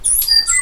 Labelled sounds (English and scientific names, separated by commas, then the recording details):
Stitchbird (Notiomystis cincta) song
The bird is a male
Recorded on Tiritiri Matangi Island, New Zealand, in 2005
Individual 8, of nest box 10